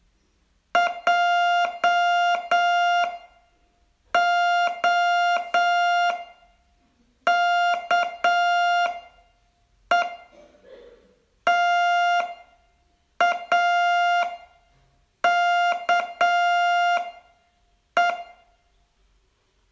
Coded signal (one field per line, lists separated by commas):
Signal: Morse code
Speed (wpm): 8 wpm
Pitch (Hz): 700 Hz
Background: music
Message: JOKE TAKE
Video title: Learn Morse in 42 Days from VU2LAU - day22 Test